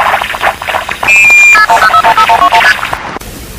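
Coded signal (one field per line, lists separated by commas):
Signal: multi-frequency trunk signalling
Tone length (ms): 80 ms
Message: KP21015121ST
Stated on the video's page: Phone phreaking tones played with a red box.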